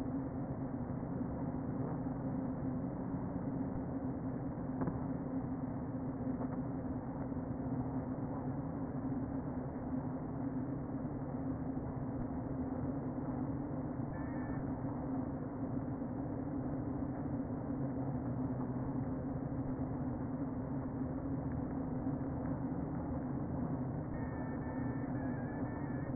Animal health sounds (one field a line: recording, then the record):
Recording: honeybee colony, microphone inside the hive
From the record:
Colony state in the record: queen present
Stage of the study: before two queens were removed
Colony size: about 60,000 bees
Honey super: yes